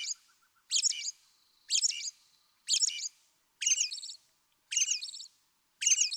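American robin singing a steady series of brief caroled phrases, each about half a second long, spaced roughly a second apart, with clean silence between.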